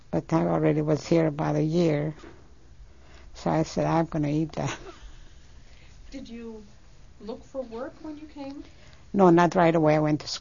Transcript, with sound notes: But I already was here about a year, so I said, "I'm gonna eat that." (She laughs)
Did you look for work when you came?
No, not right away. I went to school.